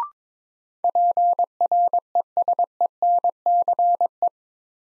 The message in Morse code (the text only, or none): PRESENCE